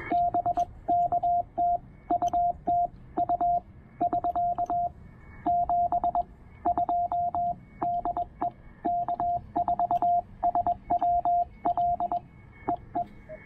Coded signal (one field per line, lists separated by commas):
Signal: Morse code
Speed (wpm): 21 wpm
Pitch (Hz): 700 Hz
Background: radio noise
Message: BK TU TU <SK> 72 DE K4SWL EE